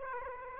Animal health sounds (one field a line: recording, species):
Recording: mosquito wingbeat signal from an infrared sensor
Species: Aedes aegypti